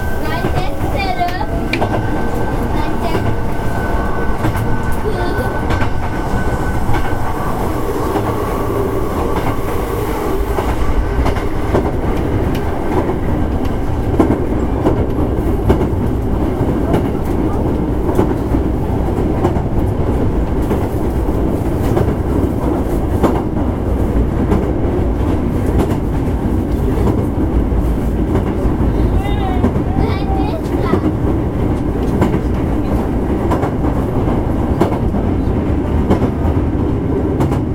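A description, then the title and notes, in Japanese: A train runs steadily throughout, with a dense low rumble and a constant clatter of wheels on the rails. A high whining tone sounds over the first ten seconds, then fades, leaving the rolling noise fairly even, with faint brief squeals around thirty seconds. 阪急電鉄1000系電車の走行音です。神戸線の特急列車にて収録しました。区間は、梅田から西宮北口までです。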